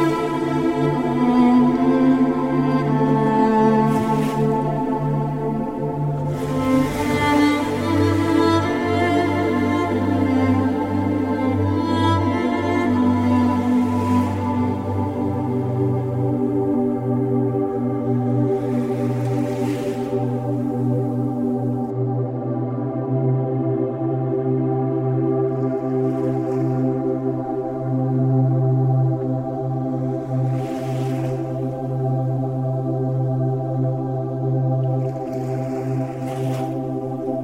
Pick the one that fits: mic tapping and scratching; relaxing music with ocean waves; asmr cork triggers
relaxing music with ocean waves